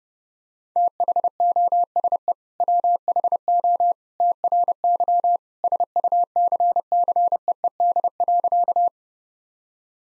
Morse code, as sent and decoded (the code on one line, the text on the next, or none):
- .... --- ... . / .-- .... --- / - .-. -.-- / ... ..- -.-. -.-. . . -.. .-.-.-
THOSE WHO TRY SUCCEED.